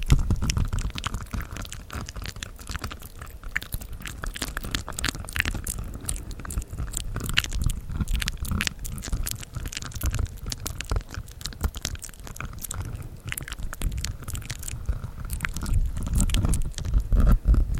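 Mouth sounds fill the clip: a steady run of wet, crunchy clicks and chewing-like bites, dense and irregular, with many sharp bright ticks. A low rumbling scratch of the mic sits underneath throughout, swelling louder near the end with a few heavier taps.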